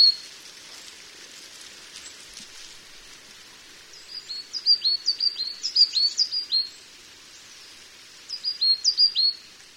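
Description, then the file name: Coal tit song: high, thin two-note phrases repeated quickly in bursts, a longer run midway and a shorter one near the end, over a steady background hiss. "higara"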